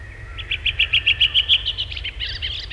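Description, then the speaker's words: Redwing song, a series of evenly spaced, sharp repeated notes, ending in a brief twittering scramble of high notes. Song varies by regional dialect across the country; often a repeated 'try-try-try' ending in a twitter heard only very close to the bird; Finland. "Tämä laji laulaa eri murteilla riippuen siitä, missä osassa maata se esiintyy."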